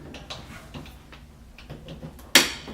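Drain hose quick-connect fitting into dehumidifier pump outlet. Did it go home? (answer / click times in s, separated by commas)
yes / 2.4 s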